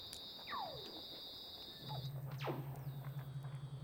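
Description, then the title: Weddell seal underwater calls: quick descending sweeps, then a low pulsing trill repeating rapidly while a high whistle tone holds and stops. "Douglas Quin - Weddell Seals (Underwater)"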